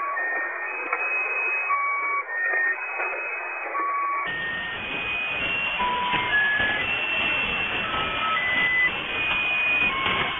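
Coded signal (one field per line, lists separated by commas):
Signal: channel marker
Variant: S32 Squeaky Wheel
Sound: loud hiss with faint squeaky tones changing pitch in a stepping sequence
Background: radio static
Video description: 0:01 S32 "The Squeaky Wheel", Monolith Network military number station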